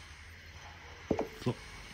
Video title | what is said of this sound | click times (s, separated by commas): Opel Astra K - Kraftstofffilter wechseln & Diesel selbst nachfüllen/entlüften | Mit der Nase nach unten stecke ich dann den neuen Filter auf den Deckel, bis er einrastet. | 1.1 s, 1.2 s